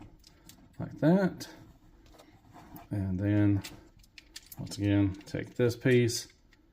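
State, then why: Not seated. A plastic piece is handled while being fitted into the combined body of a Craftsman Toys Tactilord transforming combiner robot toy. Brief light plastic clicks and rattles sound around 0.3, 0.5, 2.1 and 2.8 seconds and again near 6.5 seconds, while someone talks. The piece has not snapped into place yet, and nothing has seated.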